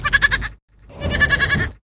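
Goat bleating: a short wavering bleat, a brief pause, then a longer quavering bleat lasting about a second.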